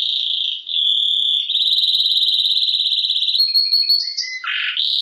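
Canary singing loudly: sustained high rolling trills and buzzy runs, then a few quick whistled notes and a lower churring phrase.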